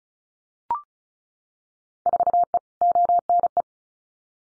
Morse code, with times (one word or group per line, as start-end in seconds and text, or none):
2.1-2.6 4E
2.8-3.6 ONE